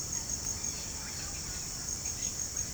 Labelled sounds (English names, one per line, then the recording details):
none
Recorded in pastures near Puerto Asís, Putumayo, Colombia, on 21 March 2025 at 17:30
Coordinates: 0.497, -76.327
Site G072